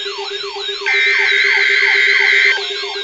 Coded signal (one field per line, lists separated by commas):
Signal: Emergency Alert System (SAME) tones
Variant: header bursts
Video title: NOAA - 2 Flash Flood Watches (EAS #1,488 - 1,489)